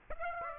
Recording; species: mosquito wingbeat signal from an infrared sensor; Aedes aegypti